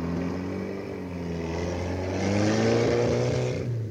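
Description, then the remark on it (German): A car engine hums steadily, then revs higher and grows louder as the vehicle pulls off through a gate onto the road toward Glüserup, the motor's tone rising before easing slightly at the end. No voices. “Wir sehen im Auto nach.”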